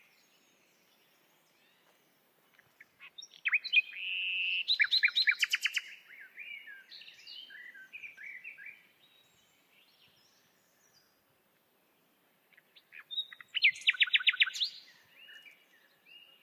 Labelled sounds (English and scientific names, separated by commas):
Common Nightingale (Luscinia megarhynchos) song